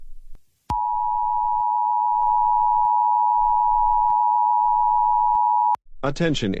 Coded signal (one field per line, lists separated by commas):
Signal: Emergency Alert System (SAME) tones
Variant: 853 and 960 Hz attention tone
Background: speech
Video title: Bird jr EAS VERY LOUDER April 29 2024